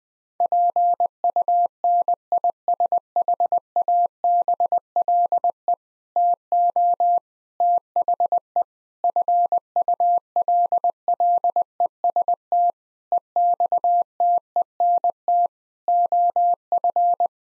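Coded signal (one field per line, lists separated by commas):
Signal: Morse code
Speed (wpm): 20 wpm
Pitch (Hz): 700 Hz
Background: none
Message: PUNISHABLE TO THE FULLEST EXTENT OF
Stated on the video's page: Morse code practice at 20 wpm of sentences built from common seven-word phrases; each sentence is sent, spoken, then sent again.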